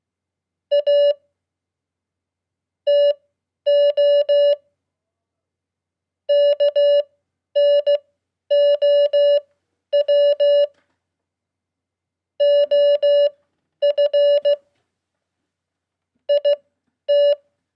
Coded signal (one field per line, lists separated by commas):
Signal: Morse code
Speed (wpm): 16 wpm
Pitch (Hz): 580 Hz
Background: none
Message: A TO KNOW OF IT